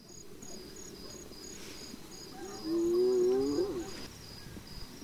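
Hyena whoop: one drawn-out, slightly wavering low call rising at the end, over steady pulsing insect chirps.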